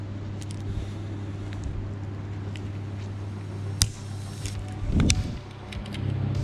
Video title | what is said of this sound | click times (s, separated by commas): DEBACLE an PCV valve replacement on 2010 Mazda 6 GH | you here two clicks | 3.8 s, 5.1 s